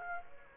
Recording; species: mosquito wingbeat signal from an infrared sensor; Aedes aegypti